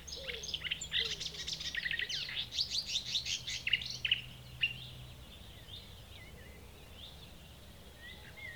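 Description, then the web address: Marsh warbler song, a dense run of scratchy high trills and chatter for about five seconds, then only scattered faint notes. Recorded 6 June 2016. "fagelljud 20160606 karrsangare"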